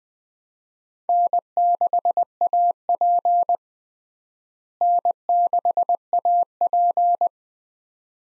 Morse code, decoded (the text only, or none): N6AP N6AP